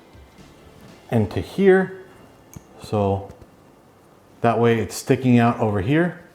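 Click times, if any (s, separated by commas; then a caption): none. A plastic landing and camera guard piece is handled as it is slid into the body of a DROCON 5G WiFi FPV GPS drone with a 1080P HD camera, just under the camera, to help with landing and keep the camera from hitting the ground. Someone talks in short bursts over quiet handling noise. Nothing has seated or clicked yet.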